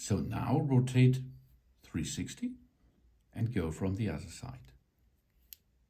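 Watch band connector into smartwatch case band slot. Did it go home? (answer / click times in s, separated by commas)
yes / 5.5 s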